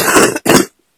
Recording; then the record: coughing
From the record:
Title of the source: 30 Chesty and wet cough